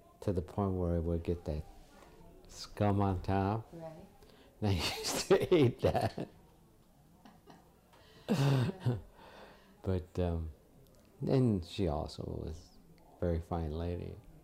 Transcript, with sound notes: to the point where it would get that scum on top.
Right.
I used to hate that. [Laughs] But then she also was a very fine lady.